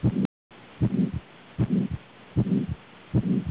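Heart sounds of an adult.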